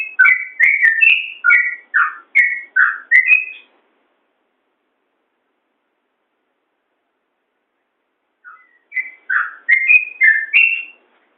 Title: Suara Trucukan